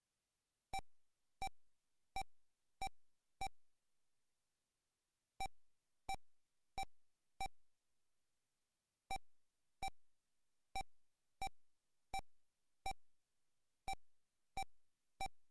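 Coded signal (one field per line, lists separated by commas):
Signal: none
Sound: video game sound effects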